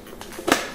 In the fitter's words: clicks in place and it stays right back into place